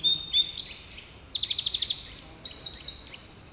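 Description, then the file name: Eurasian wren song: loud, very high twittering that breaks into an even, rapid trill, then a few sharp final notes. "Troglodytes troglodytes"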